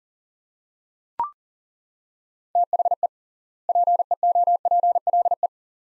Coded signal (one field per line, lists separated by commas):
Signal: Morse code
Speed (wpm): 40 wpm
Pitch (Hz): 700 Hz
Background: none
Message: THE PEOPLE